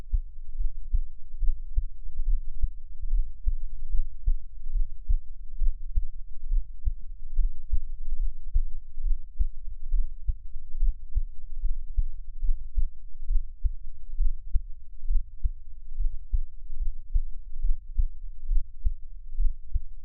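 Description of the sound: Steady, muffled low thumps repeat at about 70 per minute, with a faint low hum underneath and no talking. It is an adult's own heartbeat, recorded close up for Taiwanese ASMR listening, with the beats heard as soft paired thuds.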